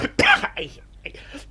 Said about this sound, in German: Jetzt muss man husten, ich kriege ja Erkältung.